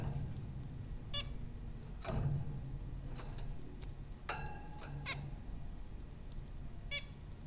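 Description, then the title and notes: Zebra finch calls, a handful of short, nasal beeps scattered throughout over a steady low hum. Zebra finches at Popcorn School, Flatbush, Brooklyn, New York, April 15, 2009. "Dronecast: The Popcorn Finches Four from Apr 15, 2009. Zebra finches recorded by Dan Bodah at Popcorn School, Flatbush, Brooklyn NY in April 2009"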